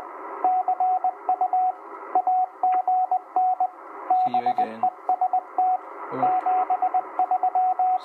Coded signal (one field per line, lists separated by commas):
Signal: Morse code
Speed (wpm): 20 wpm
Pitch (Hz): 740 Hz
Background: radio noise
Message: CU AGN BEST 73